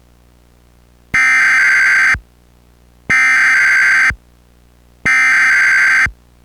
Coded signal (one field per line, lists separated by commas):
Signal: Emergency Alert System (SAME) tones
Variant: header bursts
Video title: NUCLEAR MELTDOWN (EAS MOCK)